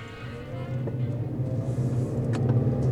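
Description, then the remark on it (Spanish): A steady, deep road rumble from inside a car on a morning drive to work, with a low engine drone that holds even throughout and faint higher hiss and a few soft knocks on top. “En el coche le gustaba escuchar las noticias matinales de la Global FM y hablaba en voz alta cuando estaban en desacuerdo con algún tema.”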